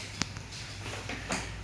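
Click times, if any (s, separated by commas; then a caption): 0.2 s. A plastic side latch on the plastic tank of an INALSA Micro WD10 wet/dry vacuum cleaner is snapped shut to lock the motor head onto the tank. A sharp click sounds at 0.2 s, followed by fainter knocks and handling noise. The latch is locked in place.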